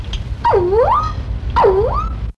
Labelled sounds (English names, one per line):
Pied Crow call